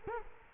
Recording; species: mosquito wingbeat signal from an infrared sensor; Culex quinquefasciatus